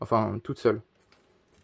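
Someone talks for the first 0.8 seconds while handling the first RAM stick, a memory module being slid into a motherboard DIMM slot and pressed down on both sides toward its retention clips. Afterward only quiet background remains, with two faint ticks near 1.1 and 1.5 seconds. The stick has not seated or clicked into the slot yet.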